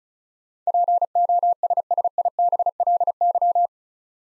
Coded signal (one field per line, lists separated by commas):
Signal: Morse code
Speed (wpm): 36 wpm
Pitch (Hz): 700 Hz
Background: none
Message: POSSIBLY